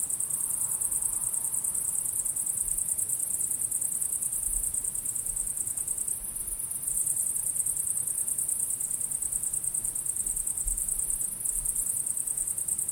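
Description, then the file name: Crickets keep up a continuous shrill pulsing chorus, with occasional faint low thumps underneath. Crickets chirping at sunset. "syrsor solnedgang"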